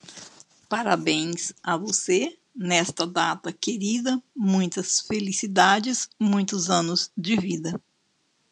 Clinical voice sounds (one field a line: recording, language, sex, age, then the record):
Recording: short text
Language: Brazilian Portuguese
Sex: female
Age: 60 to 69 years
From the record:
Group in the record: control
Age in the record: 62 years